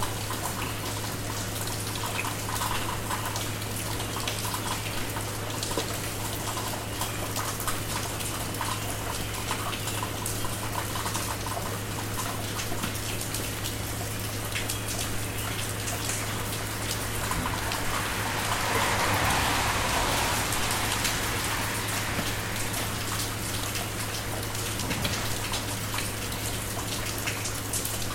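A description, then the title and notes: Rain falls steadily, a dense hiss of drops pattering on surfaces throughout, with a constant low hum underneath. Around the nineteen-second mark a brighter rush of water swells briefly, then fades back. Birdsong is not clearly picked out above the rain. Figured I'd record the rain this morning. The recording is just using the Zoom's internal mics pointed out my window, with the windscreen on.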